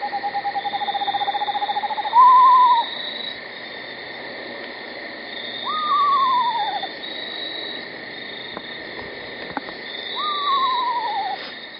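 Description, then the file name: Eastern screech owl opening with a level, quavering trill, then giving three descending, wavering whinnies several seconds apart over a steady high background drone. Tremolo whinny call. "eastern screech owl tremolo whinny by lg price"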